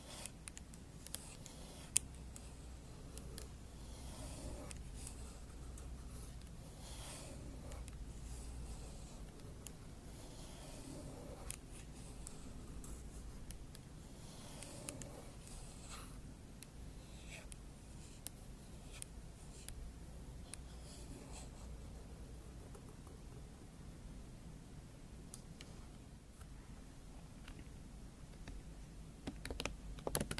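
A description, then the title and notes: Scratching and tapping go on for the full half minute: dense, irregular little strikes and rasps, some soft and some brighter, over a steady low hum. A sharp tap stands out near the two-second mark, and a few louder knocks cluster at the very end. Scratching & Tapping ASMR.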